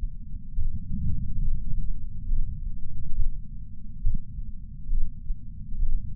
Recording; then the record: heart sounds by patch sensor on the chest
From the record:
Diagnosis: coronary artery disease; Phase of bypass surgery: preoperative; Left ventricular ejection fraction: 58.9%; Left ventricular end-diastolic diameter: 51 mm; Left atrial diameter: 51 mm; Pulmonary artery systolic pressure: 40 mmHg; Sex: male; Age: 73 years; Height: 170 cm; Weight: 85 kg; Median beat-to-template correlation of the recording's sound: 0.81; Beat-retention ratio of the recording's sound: 0.95